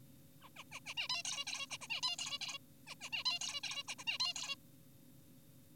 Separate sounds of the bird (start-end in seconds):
0.42-0.49, 0.56-0.64, 0.72-0.80, 0.86-0.94, 0.97-1.08, 1.10-1.23, 1.25-1.45, 1.47-1.66, 1.70-1.78, 1.81-1.88, 1.90-2.01, 2.03-2.16, 2.19-2.38, 2.41-2.58, 2.87-2.95, 3.01-3.10, 3.12-3.24, 3.26-3.39, 3.41-3.60, 3.64-3.83, 3.88-3.95, 3.99-4.04, 4.07-4.18, 4.20-4.34, 4.36-4.56